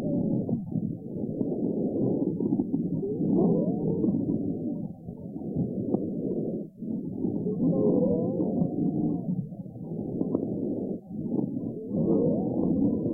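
Loud, harsh breath sounds from a horse's lungs heard by stethoscope, with squeaky musical wheezing tones through each breath: an extreme case of pathological equine lung sounds, so marked and unmistakable that even an untrained listener can recognize them.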